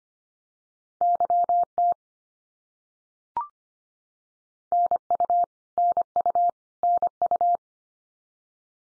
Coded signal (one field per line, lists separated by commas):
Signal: Morse code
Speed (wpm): 25 wpm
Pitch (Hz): 700 Hz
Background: none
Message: YT NU NU NU